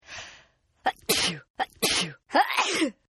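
A breathy intake is followed by three sneezes in quick succession, each a sharp voiced catch bursting into a hissing explosive rush, well under a second apart. This is a sneeze attack, a repeated sneezing fit, performed as an acted sound effect.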